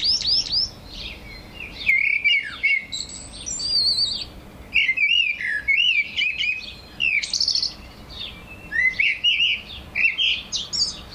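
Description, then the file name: Eurasian blackbird calls: repeated bursts of sharp chirps and short warbled figures, some squeaky and high, arriving in groups with brief pauses between. "Turdus merula"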